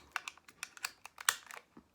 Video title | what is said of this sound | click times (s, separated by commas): El Deafo Chapter 4 | and the snap -- very satisfying | 0.2 s, 1.3 s